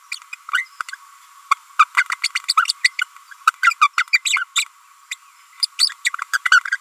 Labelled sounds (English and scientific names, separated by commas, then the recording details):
Green-rumped Parrotlet (Forpus passerinus) babbling
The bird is a female
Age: 30 days
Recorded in a nest box in Venezuela
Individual 17B42A4